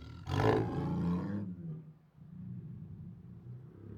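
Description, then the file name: Siberian tiger giving one loud harsh roar, followed by a low rumbling growl. Protective growls, roars and snarls. "Siberian Tiger Protective Growls, Roars and Snarls 3 [Sound Ideas]"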